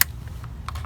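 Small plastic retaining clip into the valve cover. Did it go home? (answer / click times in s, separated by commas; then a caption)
yes / 0.0 s. A small plastic retaining clip is pressed into the valve cover gasket area of a 2011–2018 Chevy Cruze after its prong is pulled back and lined up. It snaps home with a sharp click at 0.0 s, followed by fainter ticks and a louder tap near 0.7 s. The clip is seated.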